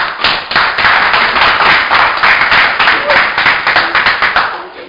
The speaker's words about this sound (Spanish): Muy bueno, un aplauso.